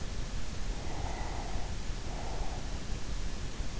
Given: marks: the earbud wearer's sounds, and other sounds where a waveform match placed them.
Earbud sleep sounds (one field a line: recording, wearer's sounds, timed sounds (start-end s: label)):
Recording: sounds in sleep by an in-ear microphone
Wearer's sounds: breath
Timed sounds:
0.67-3.07 s: breath